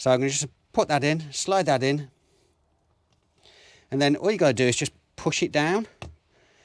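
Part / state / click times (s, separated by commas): roller puller into fishing pole top kit / not seated / none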